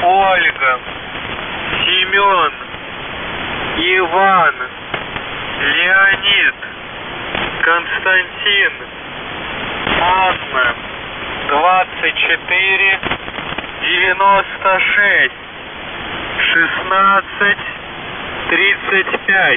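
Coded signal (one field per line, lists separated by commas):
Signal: coded military voice message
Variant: Russian, "The Goose"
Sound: russian voice reading phonetic-alphabet names and numbers over a band-limited radio channel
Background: radio static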